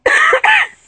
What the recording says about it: It's my hacking cough. I'm getting better though.